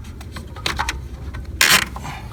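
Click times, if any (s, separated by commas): 0.7 s, 1.6 s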